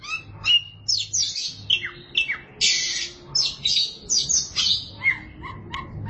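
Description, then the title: Oriental magpie-robin in full song, alternating scratchy buzzes with sweet down-slurred whistles in quick succession, with a faint low hum in the background. "Suara Kicauan Burung Kacer Durasi Panjang"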